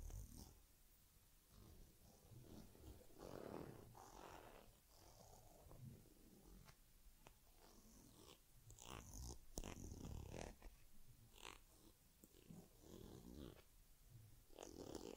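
A pet named Teddy is groomed with a head massage, cleaning and fur combing. Irregular rubbing and brushing strokes come in bursts throughout, with soft snorts and sniffs from the animal, low handling thumps, and a few sharp clicks near the middle.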